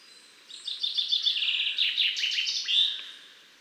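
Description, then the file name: Common chaffinch song, a quick rattling run of high notes that tumbles downward and finishes with an emphatic terminal flourish. "Fringilla coelebs"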